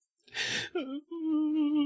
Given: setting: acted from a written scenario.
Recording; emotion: vocal sound without words; sadness